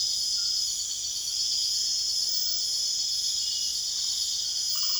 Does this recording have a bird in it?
no